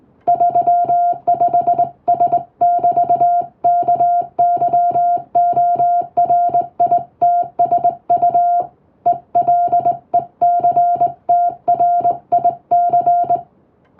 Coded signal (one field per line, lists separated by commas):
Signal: Morse code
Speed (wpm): 21 wpm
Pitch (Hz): 700 Hz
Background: music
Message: 35S<BT>KYORITSU ELECTRIC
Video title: 心地良いモールス信号！トンとツーで奏でるハーモニー！トンとツーで言葉を交わす！英語のモールス符号を打ってみました。練習にYouTubeの再生速度を設定して聞こう morse code practice